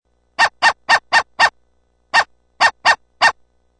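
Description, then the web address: Dog barking, sharp yaps: a quick burst of five, a pause, then four more against silence. Yappy dog barking. "SFXSource AOS Ypy Dg Brkng"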